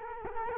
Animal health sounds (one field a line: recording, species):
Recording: mosquito wingbeat signal from an infrared sensor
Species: Culex quinquefasciatus